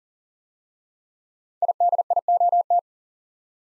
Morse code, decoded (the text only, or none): IDIOT